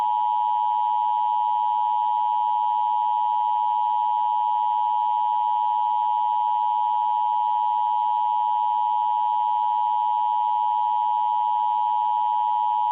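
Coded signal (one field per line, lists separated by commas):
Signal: Emergency Alert System (SAME) tones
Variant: 853 and 960 Hz attention tone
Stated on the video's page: Fake (simulated) severe thunderstorm warning.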